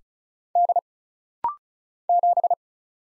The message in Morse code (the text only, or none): D 7